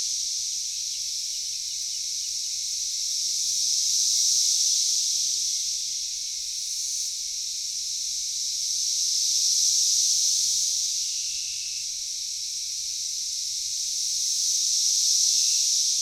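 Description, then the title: Cicadas in a shimmering high buzz that swells and fades in slow waves, peaking roughly every six seconds. Cicadas calling in a backyard in Knoxville, Tennessee, USA. "Knoxville, TN 37920, USA - Backyard Cicadas"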